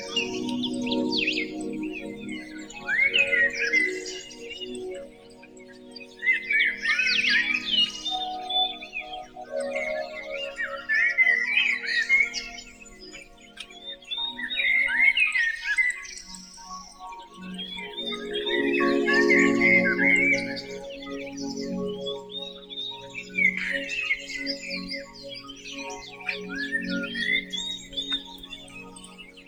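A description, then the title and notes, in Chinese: Birds sing in a morning valley, bright chirping phrases arriving every few seconds and overlapping in a busy chorus. Beneath them runs a soft, steady musical bed of low sustained tones that swells around the middle and fades back. 治愈心灵的鸟鸣与音乐。听听鸟鸣与音乐的衔接与应和。听听清晨山谷里的百鸟争鸣。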